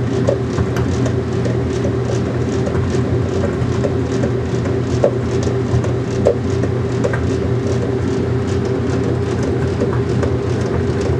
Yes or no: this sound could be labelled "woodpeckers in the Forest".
no